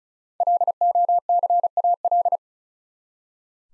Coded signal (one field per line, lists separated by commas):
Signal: Morse code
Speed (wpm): 34 wpm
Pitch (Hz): 700 Hz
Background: none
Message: LOCAL